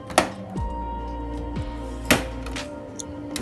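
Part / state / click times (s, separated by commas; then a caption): plastic back cover clips on an LED TV rear housing / released / 0.2 s, 2.1 s, 3.4 s. A pen barrel or screwdriver inserted in the seam of a screwless plastic back cover on a Samsung TU8000 LED TV's rear housing is slid to the right, popping the internal plastic retaining clips loose. Sharp plastic clicks sound at 0.2, 2.1 and 3.4 seconds over steady background music. The clips release normally, and nothing is breaking.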